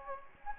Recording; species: mosquito wingbeat signal from an infrared sensor; Anopheles gambiae